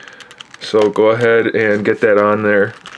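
A plastic cape attachment for a Play Arts Kai Arkham Asylum Batman action figure is handled and pushed toward the peg at the figure's back socket, a slightly tight fit. Several small handling clicks come in the first half second and a sharp tick at the very end, while someone talks through the middle. Nothing has seated or clicked into place yet.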